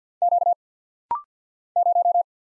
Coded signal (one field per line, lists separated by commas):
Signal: Morse code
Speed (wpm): 48 wpm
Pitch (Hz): 700 Hz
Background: none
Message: Q 0